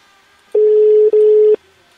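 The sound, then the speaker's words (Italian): A telephone ringback tone on an outgoing call: one steady, low electronic beep lasting about a second, with a tiny hiccup midway, sounding alone against faint line hiss. “Intanto squilla.”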